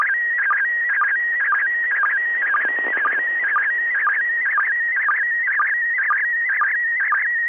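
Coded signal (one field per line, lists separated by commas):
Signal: SSTV (slow-scan television)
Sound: warbling, chirping tone with a steady rhythmic tick about twice per second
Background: radio static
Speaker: that audio that you just heard should be able to decode that photograph that we just watched download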